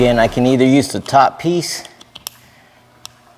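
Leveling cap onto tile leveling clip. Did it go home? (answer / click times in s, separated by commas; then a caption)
yes / 2.2 s, 2.3 s, 3.1 s. Someone talks, then a plastic ratcheting cap is pushed down onto a tile leveling clip over large-format porcelain tile. Sharp clicks sound at 2.2, 2.3 and 3.1 seconds as the cap ratchets down and seats.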